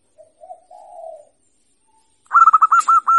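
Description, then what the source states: Zebra dove song: a soft low cooing lead-in, then a loud burst of rapid rolling coos repeated in quick succession. Local zebra dove singing actively, with a loud, clear, crystal-like voice.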